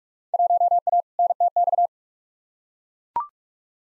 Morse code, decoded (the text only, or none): 1A NTX